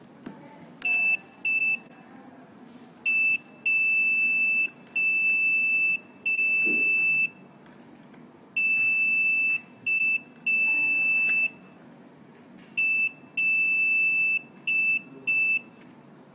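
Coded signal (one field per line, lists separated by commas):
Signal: Morse code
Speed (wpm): 4 wpm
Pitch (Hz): 2650 Hz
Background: none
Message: I J K L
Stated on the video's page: Morse code for letters A–Z and digits 0–9 sounded by a buzzer driven by a Nuvoton NUC140 ARM Cortex-M0 microcontroller board, selected via keypad.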